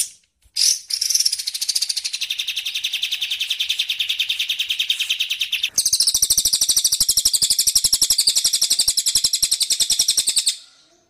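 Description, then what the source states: Bird song: a fast, steady high trill of rapid repeated notes, switching midway to a higher-pitched trill that runs nearly to the end. Bird sounds used for training songbirds (masteran).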